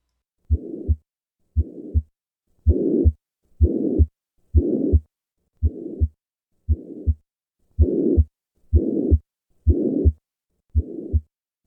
This pansystolic murmur, which increases on inspiration, is typical of tricuspid regurgitation.